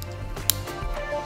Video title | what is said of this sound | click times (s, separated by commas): M.4s® Comfort – Instructions for Clinicians | click confirms that the wedge is locked in now | 0.5 s